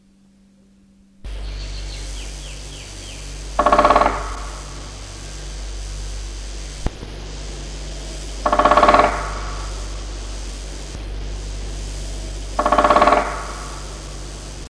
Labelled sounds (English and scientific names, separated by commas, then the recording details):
Great Spotted Woodpecker (Dendrocopos major) drumming
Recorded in the wild
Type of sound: drumming
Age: adult
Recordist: Meyer, Hugo
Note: Trommeln